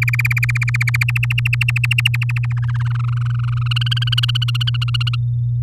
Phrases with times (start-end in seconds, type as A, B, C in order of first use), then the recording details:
0.02-1.04 A, 1.08-2.53 B, 2.57-3.68 C, 3.71-5.16 D. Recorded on 6 May 2018 at 07:49. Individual llb16